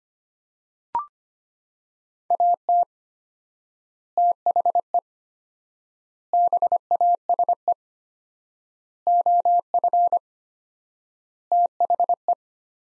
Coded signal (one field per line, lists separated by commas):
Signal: Morse code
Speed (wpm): 25 wpm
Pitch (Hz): 700 Hz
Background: none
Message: AT THE BASE OF THE